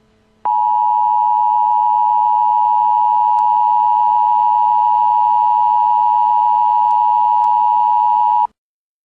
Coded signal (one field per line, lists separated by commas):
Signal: Emergency Alert System (SAME) tones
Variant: 853 and 960 Hz attention tone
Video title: Updated WE-30 outbreak EAS